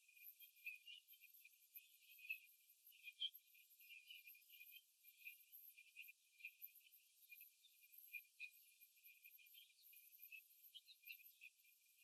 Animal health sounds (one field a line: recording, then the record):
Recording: young laying hens in a cage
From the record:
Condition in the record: after the stressor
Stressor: simulated dog barking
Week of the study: 3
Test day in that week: 2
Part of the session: 2